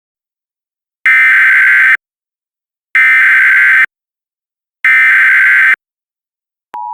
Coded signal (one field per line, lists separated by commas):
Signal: Emergency Alert System (SAME) tones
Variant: header bursts